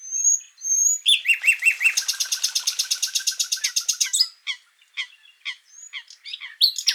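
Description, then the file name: Common nightingale singing: high whistles, then a long rapid burst of repeated notes, followed by scattered sharp chirps and whistles. "Luscinia megarhynchos"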